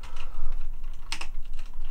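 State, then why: Seated. A plastic Transformers Masterpiece Ironhide robot toy is handled during transformation, with light plastic rattling and tapping throughout. Its front section is folded down and snaps into its locked position with a sharp click at 1.1 s, followed by a softer tick just after. The front section is seated and locked in place.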